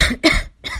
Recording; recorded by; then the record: voluntary cough; messaging app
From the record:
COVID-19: negative